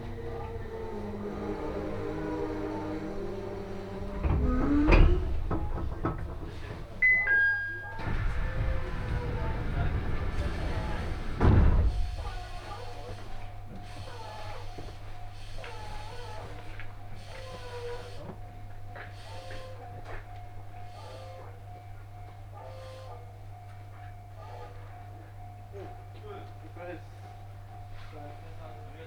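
Onboard a train ride, a steady low rumble runs throughout, with loud rushing bursts around five and ten seconds and quiet voices later.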